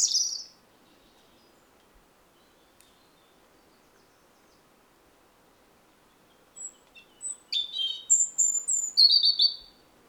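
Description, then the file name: European robin giving a short high burst, then after a long quiet pause singing a quick, varied phrase of high thin whistles and trills. "Erithacus rubecula"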